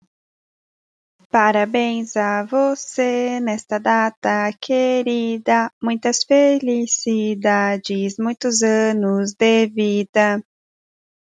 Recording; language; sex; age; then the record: short text; Brazilian Portuguese; female; 20 to 29 years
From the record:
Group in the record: control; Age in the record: 26 years